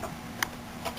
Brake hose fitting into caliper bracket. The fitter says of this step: and lock into place like that now